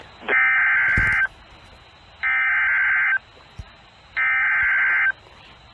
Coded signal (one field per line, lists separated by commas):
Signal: Emergency Alert System (SAME) tones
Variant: header bursts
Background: speech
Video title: Two In One Combo - EAS Alerts From 6/14/2022 & 6/16/2022 (EAS #35-46)